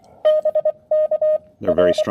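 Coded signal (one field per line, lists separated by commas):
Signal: Morse code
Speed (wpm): 20 wpm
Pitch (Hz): 590 Hz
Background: speech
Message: BK R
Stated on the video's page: Park activation using an Elecraft K1, CW Morse TSL1 single-lever paddle, battery power, and a CHA LEFS 4010 antenna at a state park.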